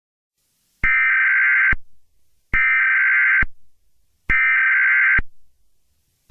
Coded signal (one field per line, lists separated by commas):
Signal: Emergency Alert System (SAME) tones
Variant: header bursts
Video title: EAS Scenario #34: The Wrath of Dio Brando